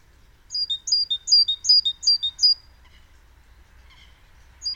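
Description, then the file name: Great tit calling, a quick burst of high, sharp repeated double notes lasting about two seconds, then quiet with another note at the end. "Parus major"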